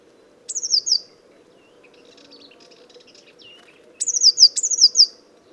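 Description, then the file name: Eurasian blue tit calling: high, thin phrases, each a sharp note followed by a quick descending trill; one, then after a pause of about three seconds with faint chatter, two more in quick succession. "Cyanistes caeruleus"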